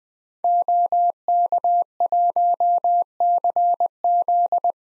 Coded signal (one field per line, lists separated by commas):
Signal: Morse code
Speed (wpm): 20 wpm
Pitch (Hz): 700 Hz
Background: none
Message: OK1CZ